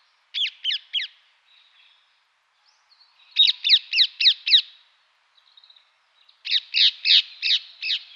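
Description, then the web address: Rose-ringed parakeet calling in three bursts of several loud, shrill downslurred screeches, separated by pauses of about two seconds. "Schulze Peter Rose-ringed Parakeet"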